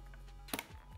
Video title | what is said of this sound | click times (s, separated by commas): Your Next $500 Gaming PC Build for 2022! | Make sure these RAM sticks are clicked in all the way. | 0.5 s, 0.6 s